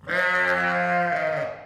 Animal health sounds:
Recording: contact call of a hoofed animal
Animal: sheep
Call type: low-frequency (closed-mouth) or high-frequency (open-mouth) call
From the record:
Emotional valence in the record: negative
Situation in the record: short social isolation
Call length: 1.66 s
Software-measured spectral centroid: 1880 Hz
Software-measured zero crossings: 2230 a second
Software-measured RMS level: -24 dBFS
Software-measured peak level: -12 dBFS

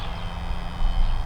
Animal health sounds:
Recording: contact call of a hoofed animal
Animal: cattle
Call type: low-frequency (closed-mouth) or high-frequency (open-mouth) call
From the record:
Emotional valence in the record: negative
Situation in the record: full separation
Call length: 1.26 s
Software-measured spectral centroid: 1710 Hz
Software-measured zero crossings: 800 a second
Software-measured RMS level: -23 dBFS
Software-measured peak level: -10 dBFS

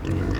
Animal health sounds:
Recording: contact call of a hoofed animal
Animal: wild boar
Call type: grunt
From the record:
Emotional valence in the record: negative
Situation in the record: naturally occurring agonistic interactions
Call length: 0.40 s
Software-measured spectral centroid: 1680 Hz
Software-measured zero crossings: 820 a second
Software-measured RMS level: -24 dBFS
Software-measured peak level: -14 dBFS

